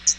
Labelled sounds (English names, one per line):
Hooded Warbler flight call